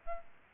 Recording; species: mosquito wingbeat signal from an infrared sensor; Aedes albopictus